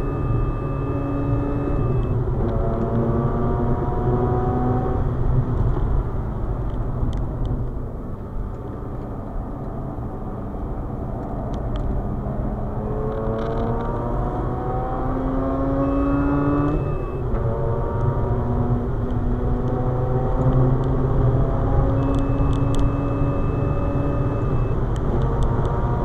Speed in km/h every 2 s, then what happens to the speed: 128, 141, 123, 87, 86, 89, 107, 124, 137, 147, 159, 165, 175.
0-3 speeds up to 141. 3-6 brakes to 87. 10-26 speeds up to 175.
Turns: 6-13.